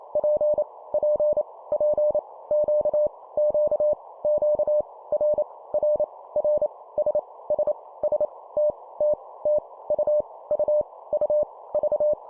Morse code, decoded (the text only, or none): P P P Q Q Q R R R S S S T T T U U U V